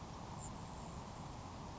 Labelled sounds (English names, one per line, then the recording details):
Grasshopper Sparrow
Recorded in Sonoma County, California